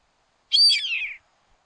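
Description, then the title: Yellow-headed Caracara giving a single harsh, hissing screech that starts high and slides downward over about two-thirds of a second, against a silent background. Nominate subspecies Milvago chimachima chimachima. "LuckyPassaro Completos2Sama. Yellow-headed Caracara (Milvago chimachima chimachima)"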